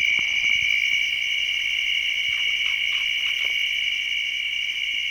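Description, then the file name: A chorus of crickets keeps up a constant shrill trill, with a few faint clicks mixed in. Guadiamar, 16 June 2006. "20060616 Crickets Guadiamar"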